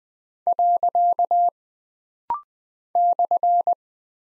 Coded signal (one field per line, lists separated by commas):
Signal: Morse code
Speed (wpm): 20 wpm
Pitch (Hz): 700 Hz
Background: none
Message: . /